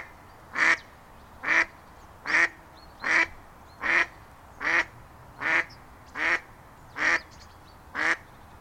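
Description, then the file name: Mallard quacking: loud single nasal quacks repeated steadily, about one every 0.8 seconds, ten in a row over faint background hiss. "Stockente Quack"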